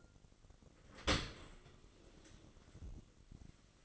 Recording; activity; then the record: daily activity, microphone in the room; open dishwasher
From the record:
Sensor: 4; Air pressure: 1003.9 hPa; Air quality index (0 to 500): 146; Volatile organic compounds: 2 ppm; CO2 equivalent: 1044 ppm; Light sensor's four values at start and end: 19/44/18/19 and 20/49/20/21